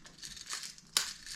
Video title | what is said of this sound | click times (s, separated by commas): FISHADOOZLE TACKLE TALK — EPISODE 2 🎣🔥 | And you'll hear it pop over. | 1.0 s